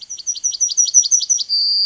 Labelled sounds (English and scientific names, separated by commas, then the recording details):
Yellowhammer (Emberiza citrinella) song
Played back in forest
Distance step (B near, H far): B
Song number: 144